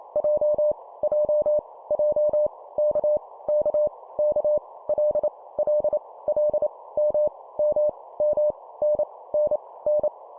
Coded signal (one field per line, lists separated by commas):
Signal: Morse code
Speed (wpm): 28 wpm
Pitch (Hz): 600 Hz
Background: none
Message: J J J K K K L L L M M M N N N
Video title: 25wpm Repeat three times Letter, morse code practice